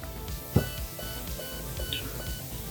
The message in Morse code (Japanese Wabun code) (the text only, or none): none